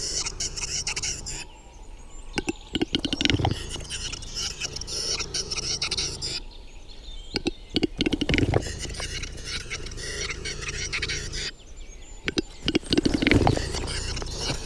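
A displaying capercaillie cock calls in a spring forest, with bursts of clicks and knocking pops around 2, 7–8 and 12–13 seconds. Between them, a dense bed of birdsong and rustling fills the high range, with steady low background rumble throughout.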